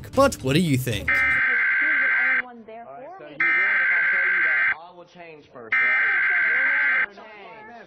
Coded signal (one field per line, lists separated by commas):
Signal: Emergency Alert System (SAME) tones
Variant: header bursts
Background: speech